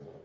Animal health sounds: pig call; piglet (1 to 25 days)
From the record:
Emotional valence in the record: negative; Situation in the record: long isolation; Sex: female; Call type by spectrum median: low-frequency call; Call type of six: low-frequency stable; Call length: 0.25 s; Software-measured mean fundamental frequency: 51 Hz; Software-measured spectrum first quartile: 193 Hz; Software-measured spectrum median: 377 Hz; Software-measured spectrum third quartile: 513 Hz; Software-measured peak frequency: 418 Hz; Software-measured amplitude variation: 154 dB a second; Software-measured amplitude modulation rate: 21.9 a second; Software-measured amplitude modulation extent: 7.0 dB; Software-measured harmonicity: 1.0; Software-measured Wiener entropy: 0.40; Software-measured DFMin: 1177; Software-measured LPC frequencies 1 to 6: 467, 3168, 4563, 5509, 6392, 8766 Hz

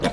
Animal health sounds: pig call; piglet (1 to 25 days)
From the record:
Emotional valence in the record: positive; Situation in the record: reunion after long isolation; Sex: female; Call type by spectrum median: low-frequency call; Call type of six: low-frequency tonal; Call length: 0.13 s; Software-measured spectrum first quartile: 370 Hz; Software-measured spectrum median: 719 Hz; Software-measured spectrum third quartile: 2177 Hz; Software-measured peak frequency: 248 Hz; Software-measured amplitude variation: 136 dB a second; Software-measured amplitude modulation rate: 11.7 a second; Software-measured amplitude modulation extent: 11.7 dB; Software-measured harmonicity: 1.0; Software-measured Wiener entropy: -1.67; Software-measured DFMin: 671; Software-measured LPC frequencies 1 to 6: 603, 1682, 3538, 5246, 6560, 7386 Hz

